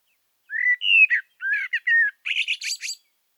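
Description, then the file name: Common blackbird song phrase: a few low fluted, warbling notes followed by a squeaky, high twittering flourish, all within about two and a half seconds. "Turdus merula"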